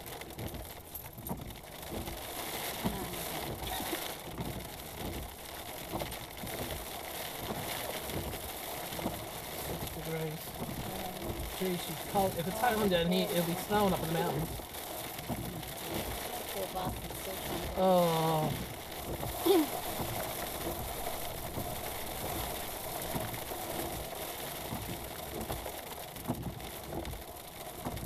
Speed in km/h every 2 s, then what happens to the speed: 0, 0, 0, 0, 0, 0, 0, 0, 0, 0, 0, 0, 0, 0.
0-28 standing.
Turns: none.